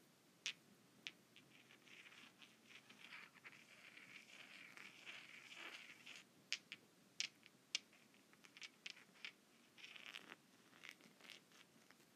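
Rocks rubbing and scraping against each other in short, uneven strokes, with a gritty rasp that swells between about 3 and 6 seconds. Sharp clicks and knocks punctuate it irregularly, clustering after 6 seconds and again near 10. A faint low rumble sits underneath.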